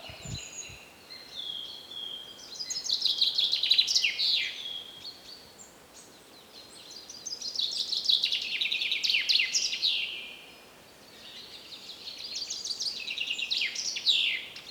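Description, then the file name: Common chaffinch singing: three cascading trilled phrases separated by pauses. "Fringilla coelebs"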